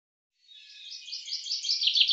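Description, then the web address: Common chaffinch song: a rapid, dense series of bright notes that grows steadily louder. "cianscape birddata Deverinetal 2025 File cleaned normalized Bird Fr Co Fr Co"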